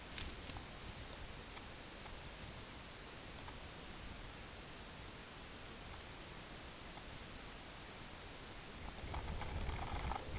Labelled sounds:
none

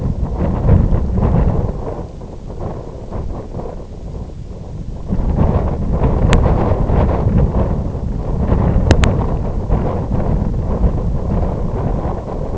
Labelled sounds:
none

